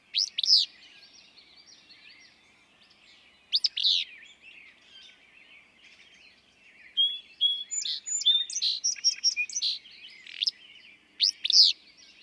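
Willow flycatcher song, explosive sneezy phrases spaced several seconds apart, over a busy backdrop of high chips and whistles from other birds.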